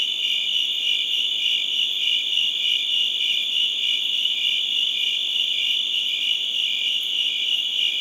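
Crickets chirping in a dense, high-pitched chorus, a steady shrill band with quick pulsing and no other sounds.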